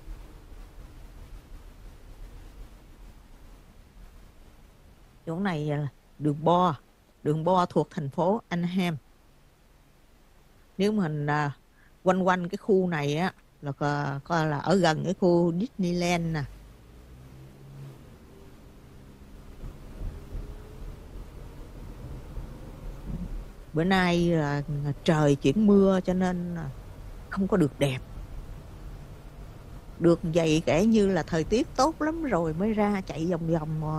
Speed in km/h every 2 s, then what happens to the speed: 31, 23, 8, 0, 0, 0, 0, 0, 6, 26, 35, 42, 47, 52, 53, 56, 56.
0-6 brakes to 0. 6-15 standing. 15-30 pulls away to 56.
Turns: none.